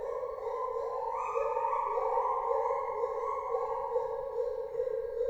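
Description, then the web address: Lar gibbon hooting: a long, steady, hollow tone that steps up in pitch after about a second, then holds with a slight pulsing wobble, with faint background hiss. Captive animal in a zoo in Debrecen, recorded in 2012 with a Marantz recorder and shotgun microphone. "debrecenizoo 2012 premium feherkezugibbon"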